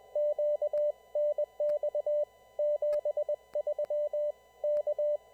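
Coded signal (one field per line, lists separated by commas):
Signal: Morse code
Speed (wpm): 20 wpm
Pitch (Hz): 590 Hz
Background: none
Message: QNX 73 K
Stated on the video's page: Typical formal CW traffic net with net control opening, check-ins and releases; no radiograms sent.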